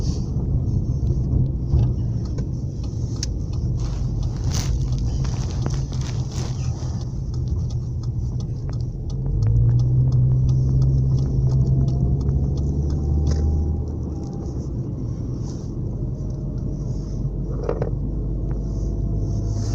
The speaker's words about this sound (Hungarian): Mennyi autó van itt, mennyi van még Szabadkán volt?